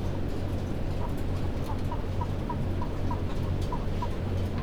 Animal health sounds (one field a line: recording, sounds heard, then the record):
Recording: poultry house recording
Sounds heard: healthy chickens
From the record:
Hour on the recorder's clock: 21